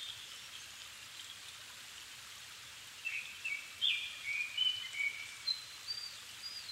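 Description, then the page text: Japanese thrush song, a series of short whistled and warbled phrases around mid-high pitch starting about halfway through, over steady background hiss. Niigata Prefecture, Japan, 270 m altitude; 7 May 2011 at 17:59, evening; Sony PCM-D50 recorder, Panasonic WM-61A mic. "kurotugumi 20110507-1759. Turdus cardis [Sounds -Nikko Today-]"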